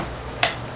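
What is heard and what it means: The plastic retention hood of a Safariland 3280 level two duty holster is pressed back down into the holster body, where it locks in place by friction. A single sharp tick is heard at 0.4 s against a quiet background, and the hood is seated.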